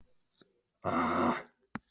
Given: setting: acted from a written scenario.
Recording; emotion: vocal sound without words; anger